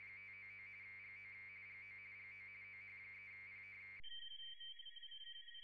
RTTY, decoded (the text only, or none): 599 GO GO GO OH3P